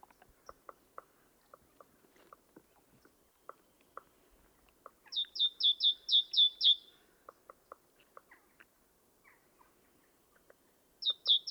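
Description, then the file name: Great tit song: a burst of several quick two-note phrases, each dropping in pitch, midway and another starting at the end, with soft ticking clicks throughout. "Parus major"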